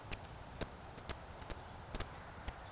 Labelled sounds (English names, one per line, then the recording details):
Eurasian Woodcock whistle
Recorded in Baden-Württemberg, Germany, on 26 June 2021 at 20:04 UTC
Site 45499, 200 m above sea level